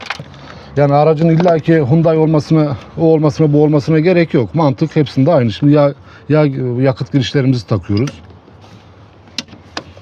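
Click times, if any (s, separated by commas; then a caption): 9.4 s, 9.8 s. Someone talks while the fuel or oil inlet lines are pushed onto the new fuel filter of a Hyundai Accent Blue 1.6 CRDi. After the talking stops, two sharp clicks at 9.4 s and 9.8 s mark the plastic quick-connector snapping home. The connector is seated on the fuel filter inlet.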